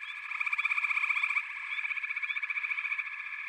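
Frog chorus with a loud pulsed trill in the first second and a half, then another rapid pulsing trill over the constant background of many calling frogs.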